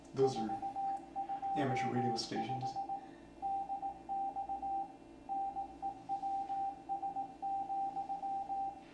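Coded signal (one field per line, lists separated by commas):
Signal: Morse code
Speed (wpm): 18 wpm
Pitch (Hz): 790 Hz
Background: speech, radio noise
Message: 425 DX NEWS,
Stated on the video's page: Ham radio signals received with a Commodore 128 in C64 mode through a Kantronics interface.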